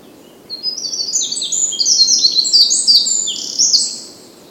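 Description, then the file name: Eurasian wren song: a high, hurried string of bright twittering notes and short trills running for about four seconds against a quiet background. "Troglodytes troglodytes"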